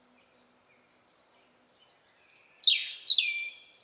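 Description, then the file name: European robin song opening with long, thin, high sustained whistles that step downward, followed by a loud flurry of sharp, rapidly falling notes. "Erithacus rubecula"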